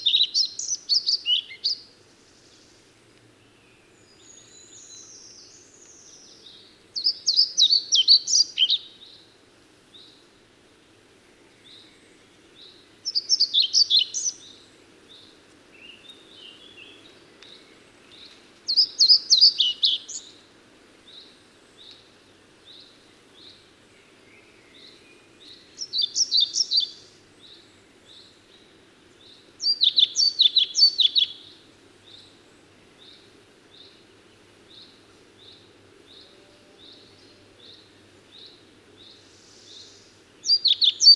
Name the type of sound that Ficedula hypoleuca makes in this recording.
song